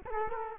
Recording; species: mosquito wingbeat signal from an infrared sensor; Culex quinquefasciatus